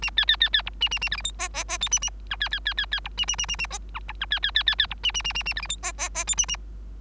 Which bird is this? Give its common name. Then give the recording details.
Bengalese Finch. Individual Bird3